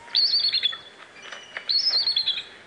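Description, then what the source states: Bald eagle giving two high, squeaky chattering phrases separated by a quieter gap. Call likened to a squeaky door.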